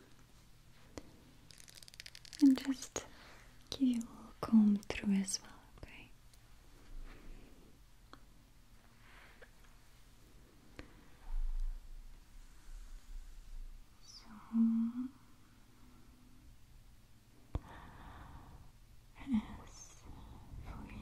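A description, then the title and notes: Quiet crystal comb and hair handling: scattered taps and soft scratchy strokes, with brief breathy vocal sounds early and near the end. ASMR Crown Chakra Hair Treatment Crystal Comb, Massage, Hair Brushing.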